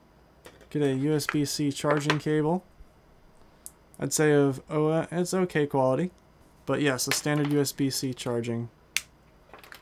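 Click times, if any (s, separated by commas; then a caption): 9.0 s. Someone talks while handling the magnetic plastic charging case of Timekettle M2 translator earbuds. At 9.0 s the case lid snaps shut onto the case (or the earbuds seat in it) with a single sharp, satisfying click, and it is closed.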